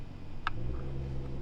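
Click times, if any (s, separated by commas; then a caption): none. An aftermarket steering wheel is being pressed onto its hub during installation on a Miata, with a low rumbling background and two brief sharp taps around 0.5 s and 1.4 s. Nothing has clicked into place yet, so the wheel is not seated.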